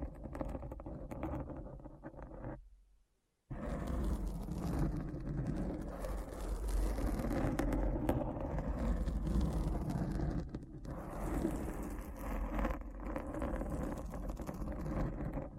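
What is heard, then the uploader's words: Dense, rough scratching runs almost without pause, a grainy rasp with a low rumbling body and brighter crackle on top. Around the third second it stops completely for about a second, then resumes fuller and keeps going, easing briefly near eleven seconds. ASMR Deep Brain Scratch (No Talking).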